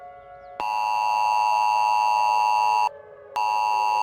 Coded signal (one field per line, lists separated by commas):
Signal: Emergency Alert System (SAME) tones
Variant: 853 and 960 Hz attention tone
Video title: EAS Scenario Special - Radioactive Queen II